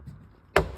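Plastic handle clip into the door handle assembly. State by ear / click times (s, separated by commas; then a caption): seated / 0.6 s. A plastic handle clip is pressed into the door handle assembly of a JK Jeep Wrangler during a window regulator replacement. After a quiet low rumble, it snaps into place with one loud, sharp click at 0.6 s, and the clip is seated.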